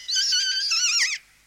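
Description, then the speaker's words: Kea play call, a single high warbling squeal just over a second long, wavering in pitch and ending with a brief downward twist, then quiet. Large alpine parrot of New Zealand's South Island; warbling play call given while playing, sounding and functioning like contagious human laughter. "Keas are large alpine parrots that live on New Zealand's South Island. They're the clowns of the parrot world."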